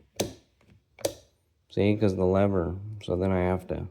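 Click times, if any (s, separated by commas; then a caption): none. A detachable blade is pushed onto a hair clipper while the blade drive sits out of position, giving sharp clicks and taps at about 0.2 s and 1.0 s, with faint ticks around 0.6–0.7 s. The blade has not latched or locked on. From about 1.7 s, someone talks.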